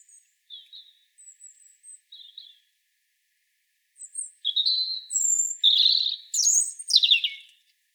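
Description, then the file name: European robin giving a few soft, thin notes, then a loud, fast burst of sparkling trills and high slurred whistles. "Erithacus rubecula"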